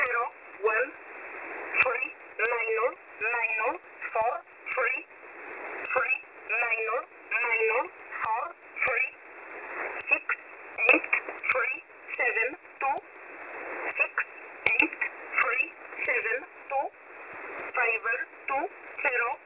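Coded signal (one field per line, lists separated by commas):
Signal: numbers station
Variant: E11 (Oblique)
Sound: short spoken words repeated at a steady rhythm through narrow single-sideband radio audio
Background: radio static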